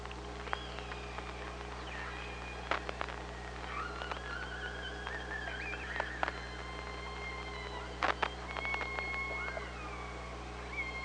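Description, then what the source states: Killer whale calls, drawn-out level and gently bending tones with sharp click bursts near three and eight seconds, over underwater hiss and low hum. Recorded on a hydrophone by OrcaLab, 24 August 2017 at 05:27.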